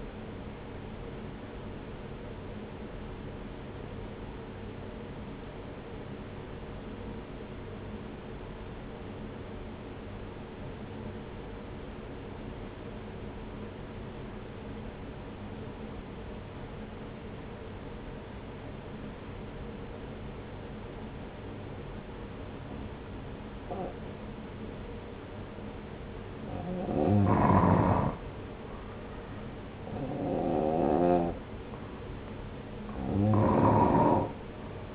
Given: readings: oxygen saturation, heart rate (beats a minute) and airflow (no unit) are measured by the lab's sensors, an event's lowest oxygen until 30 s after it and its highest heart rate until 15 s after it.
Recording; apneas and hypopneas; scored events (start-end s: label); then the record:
breathing in sleep by a voice recorder at the bedside; 1
3.00-26.10 s: obstructive apnea (N1, oxygen 96% highest, then 87% lowest)
From the record:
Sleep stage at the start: N1 (lightest sleep); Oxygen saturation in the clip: 84 to 96%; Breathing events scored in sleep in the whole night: 303 in 8.1 hours asleep